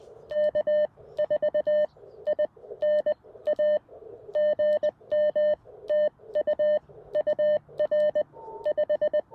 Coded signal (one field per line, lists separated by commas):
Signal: Morse code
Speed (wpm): 20 wpm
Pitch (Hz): 600 Hz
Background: none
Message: K4INA GM TU UR 5